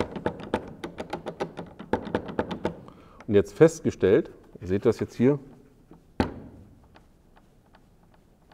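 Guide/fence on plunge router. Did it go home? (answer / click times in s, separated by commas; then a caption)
partly / 6.2 s. A guide or fence accessory is fitted and clamped onto a 50-euro Parkside plunge router, with a series of rhythmic taps and knocks during the first few seconds, then someone talks. A single strong knock lands at 6.2 s, followed by a few faint ticks, but the accessory still wobbles a lot and is not properly locked.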